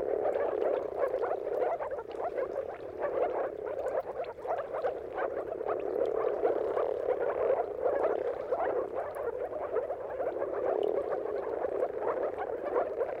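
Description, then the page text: Moor frog: dense mating chorus of moor frogs, countless short gulping calls merging into a continuous, gently pulsing bubble of sound. Chorus of many moor frogs giving mating calls at sunrise, at the turn of March and April, timing depending on the weather. "earth-fm Jakub-Orzecki. Depending on the weather at the turn of March and April, you can witness an amazing spectacle of moor frogs"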